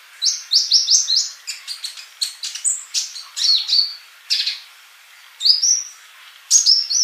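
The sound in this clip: Bird song opening with a quick series of repeated high chirps, followed by varied twitters and whistles with short pauses.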